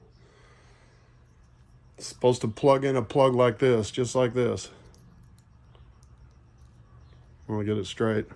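A satellite antenna coax plug for a Toyota is handled and lined up straight with its mating connector before being pushed in. Someone talks, and between about 4.9 and 6.0 seconds a few faint, quiet ticks of handling are heard. The plug has not seated or clicked yet.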